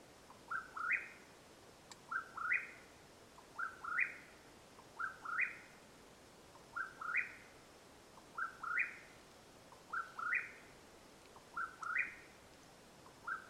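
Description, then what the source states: Mexican whip-poor-will repeating its whistled phrase, a soft lead-in note then two upslurred whistles, several times in steady succession against a still, hissing background. Calling at nightfall, Madera Canyon, Arizona, USA, 21 April 2022.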